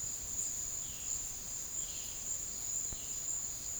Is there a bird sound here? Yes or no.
yes